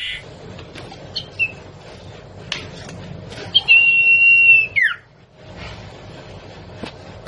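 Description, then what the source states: Sirtu song: a few scattered faint clicks, then a sustained high level whistle lasting about a second that ends in a sharp falling slur. Masteran training song for cage birds, with the full variety of sirtu song variations.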